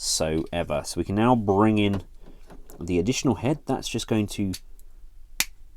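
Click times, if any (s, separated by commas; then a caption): 5.4 s. Someone talks while the add-on head piece of a transforming robot figure is slid into the plastic body. After a brief faint tick, a sharp, bright click at 5.4 s marks the head seating in place.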